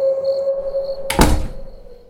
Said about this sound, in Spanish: Nos metimos corriendo a la casa y cerramos la puerta con fuerza.